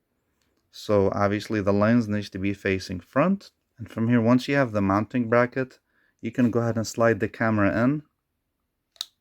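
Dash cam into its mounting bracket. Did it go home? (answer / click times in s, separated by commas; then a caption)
yes / 9.0 s. Someone talks while a 70mai M500 dash cam's plastic body is slid, lens facing front, into its windshield mounting bracket. Two short, sharp clicks follow at 9.0 s and 9.0 s as the camera seats in the bracket.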